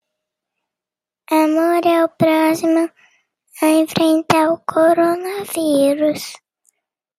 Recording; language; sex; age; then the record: spoken sentence; Brazilian Portuguese; female; 30 to 39 years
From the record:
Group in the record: control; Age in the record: 37 years